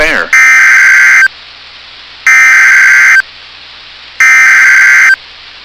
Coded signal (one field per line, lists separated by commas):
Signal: Emergency Alert System (SAME) tones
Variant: header bursts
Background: speech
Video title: [EAS Compilation] Northern Minnesota Flood Warnings August 18 2022